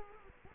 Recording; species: mosquito wingbeat signal from an infrared sensor; Culex quinquefasciatus